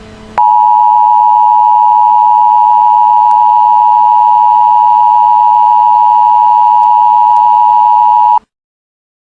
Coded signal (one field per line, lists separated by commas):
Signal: Emergency Alert System (SAME) tones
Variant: 853 and 960 Hz attention tone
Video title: USA EAS CYCLONE ALERT SYSTEM⚠️(MAKE BY CAPTAINARYAKX) and is just a test/not real